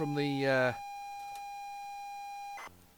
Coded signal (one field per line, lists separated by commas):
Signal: ZX Spectrum tape loading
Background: speech